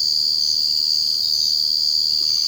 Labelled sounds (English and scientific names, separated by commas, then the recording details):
none
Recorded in secondary vegetation near Puerto Asís, Putumayo, Colombia, on 21 March 2025 at 03:30
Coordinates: 0.488, -76.319
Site G095